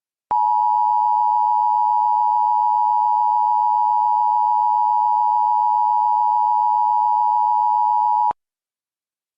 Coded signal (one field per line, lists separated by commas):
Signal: Emergency Alert System (SAME) tones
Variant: 853 and 960 Hz attention tone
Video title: Lake County, Indiana Silver Alert (Civil Emergency Message) (EAS #781)